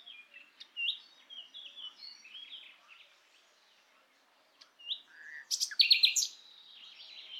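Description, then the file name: Nightingale song, soft scattered whistles and a pause, then a loud burst of sharp repeated notes near the end. "Luscinia megarhynchos"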